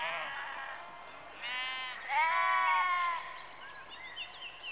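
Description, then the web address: Sheep bleats in overlapping succession, a long quavering bleat in the middle the loudest, with faint bird chirps behind. Rural exterior atmosphere in early evening, with sheep recorded close. "Sound Effects Library Exterior Atmospheres-Rural Backg Sheep Early Evening- Close"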